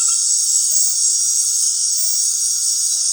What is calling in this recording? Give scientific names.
none